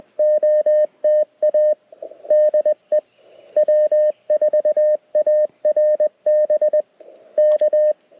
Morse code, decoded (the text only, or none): OTA DE W4ARB K